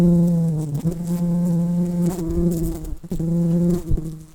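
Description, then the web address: Common carder bee buzzing: a steady, low drone with rich overtones, briefly dipping and wavering a few times before resuming. Worker bees. "Pascuorum workers"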